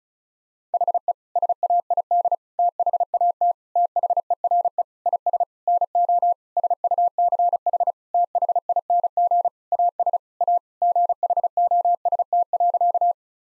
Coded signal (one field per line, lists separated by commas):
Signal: Morse code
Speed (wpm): 34 wpm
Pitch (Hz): 700 Hz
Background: none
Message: HE SAID THAT THERE IS NO SUCH THING AS A GHOST.